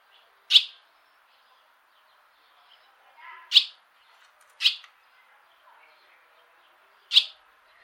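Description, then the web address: Bird calls: four crisp, high chip notes at irregular intervals, with faint soft sounds beneath. "Bird Only"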